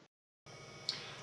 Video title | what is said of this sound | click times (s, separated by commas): Introduction To Photography | then close the back of the camera snugly until it clicks making sure to push down the rewind knob to lock it | 0.9 s